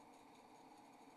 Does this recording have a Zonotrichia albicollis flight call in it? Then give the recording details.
no. No flight call is heard. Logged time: 01:07 on 28 November 2014